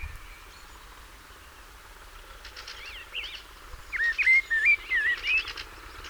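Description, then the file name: Common blackbird singing one mellow warbled phrase of rising and falling whistles in the second half, preceded by faint high twittering, with low background rumble throughout. "Turdus merula"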